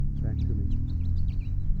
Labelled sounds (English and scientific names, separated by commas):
House Finch (Haemorhous mexicanus) song